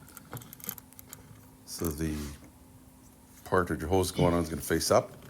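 The crankcase vent hose end is being handled to go onto the new PCV valve on the 3.6 engine of a 2011–2020 Grand Caravan. A few light ticks come in the first second, then someone talks. Nothing has seated or clicked yet.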